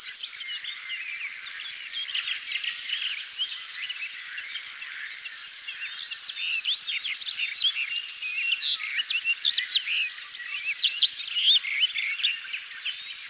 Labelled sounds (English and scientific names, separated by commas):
River Warbler (Locustella fluviatilis) song